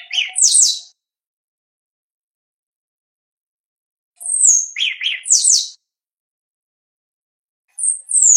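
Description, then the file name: Shiny cowbird giving short phrases separated by pauses of a few seconds, each of high falling whistles with lower gurgling notes. "canto do chupim"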